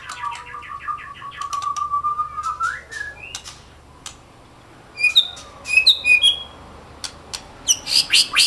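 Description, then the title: Oriental magpie-robin song of rich whistled phrases, a sustained warbling note early, then scattered sharp chips and high squeaky notes, over steady low hum. "Kicau Kacer"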